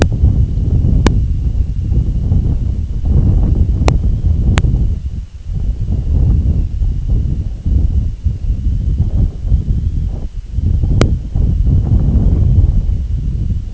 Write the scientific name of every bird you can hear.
none